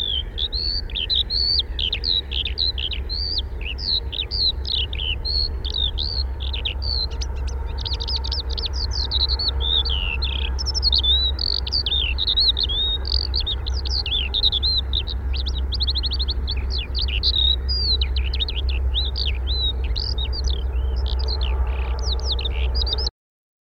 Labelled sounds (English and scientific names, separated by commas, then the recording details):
Eurasian Skylark (Alauda arvensis) song
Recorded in the wild
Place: Bergen, Insel Rügen, Mecklenburg-Vorpommern, DE
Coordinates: 54.415, 13.426
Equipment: Nagra III BH, Sennheiser MD 21, parabola
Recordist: Schubert, Michael
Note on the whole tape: Gesang Feldlerche